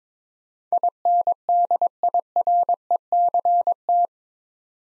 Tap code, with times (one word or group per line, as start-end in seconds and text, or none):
none